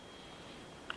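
A collapsible stock is pushed onto the buffer tube of a WE 888C (HK416C) airsoft rifle after the bolt release has been fired and the bolt has gone forward. With the bolt locked back, the stock could not be locked in place. Over a low steady background, a single sharp click at 0.9 s shows the stock clicking on and seating.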